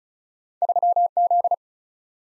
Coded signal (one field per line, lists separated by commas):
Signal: Morse code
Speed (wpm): 36 wpm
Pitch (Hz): 700 Hz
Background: none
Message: 3Z